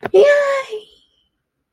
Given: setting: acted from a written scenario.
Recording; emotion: vocal sound without words; positive surprise